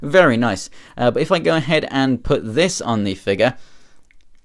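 Someone talks while holding a plastic hand up to the wrist ball joint of a Marvel Legends Thor Ragnarok Hela action figure from the Hulk BAF wave, about to put it on. After the talking stops, two faint, brief ticks come at about 4.1 and 4.2 s. Nothing has seated or clicked yet; the hand is still being handled, not yet home on the joint.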